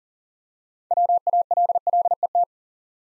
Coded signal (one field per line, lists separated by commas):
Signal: Morse code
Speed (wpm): 40 wpm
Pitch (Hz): 700 Hz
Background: none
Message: WALLET